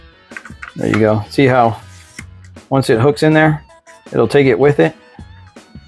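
An AR-15 bolt carrier group and charging handle are handled and pushed into the upper receiver of a Daniel Defense DDM4 V7 SLW while someone talks. Several short handling clicks and taps are heard under the speech and faint music. Nothing has seated or clicked into the breech yet.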